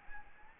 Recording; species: mosquito wingbeat signal from an infrared sensor; Anopheles gambiae